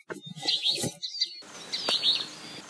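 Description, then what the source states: Alder flycatcher calling, short buzzy high notes repeated in two bursts, with a few low soft thumps early on. Recorded 29 May 2018.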